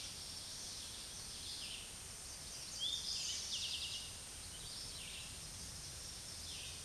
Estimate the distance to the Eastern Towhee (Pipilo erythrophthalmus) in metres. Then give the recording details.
about 35 m. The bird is about 5 m above the microphone. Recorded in a Pennsylvania forest on 16 May 2024 at 06:10. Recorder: AudioMoth, point MSD-2083. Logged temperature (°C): 16.7 °C. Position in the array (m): 109 m, 6 m